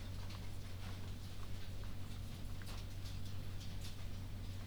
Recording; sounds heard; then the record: poultry house recording; no chicken sound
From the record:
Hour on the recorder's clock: 3